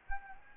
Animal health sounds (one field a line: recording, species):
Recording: mosquito wingbeat signal from an infrared sensor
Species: Anopheles gambiae